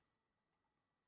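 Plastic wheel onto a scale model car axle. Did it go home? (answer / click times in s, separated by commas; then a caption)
no / none. A plastic wheel for a Monogram 1/24 scale '70 Plymouth GTX model car kit is handled as it is pushed toward its axle or mount. Only faint, steady low-level handling noise is heard, with no distinct sharp transient. Nothing has seated or clicked yet.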